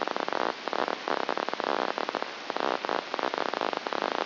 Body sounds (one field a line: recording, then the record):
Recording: brain microelectrode recording played as sound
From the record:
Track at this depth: inside the subthalamic nucleus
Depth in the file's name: 4.502 mm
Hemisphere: left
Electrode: 2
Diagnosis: Parkinson's disease